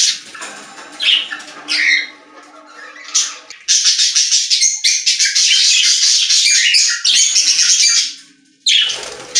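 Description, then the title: Budgerigar chatter, a few squawks followed by a sustained run of fast, rasping warbled notes, a brief pause, then more chatter. "Budgie Sounds"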